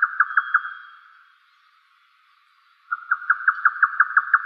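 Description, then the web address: Grey nightjar giving rapid, even knocking notes that break off, then after a silent gap start again in a quick steady series. "yotaka"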